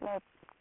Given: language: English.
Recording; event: throat vibration sensor signal played as sound; speech